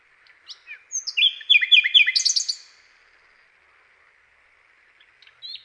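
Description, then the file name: Common nightingale giving a brief phrase of rapid descending chirps and buzzy notes, followed by near silence and a faint note at the end. "SLOWIKRDZAWY"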